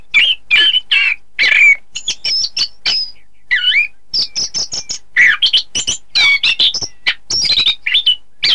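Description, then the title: Thrush song with loud varied phrases of slurred whistles, quick chips and warbles strung together in a lively sequence. "Suara Burung Anis"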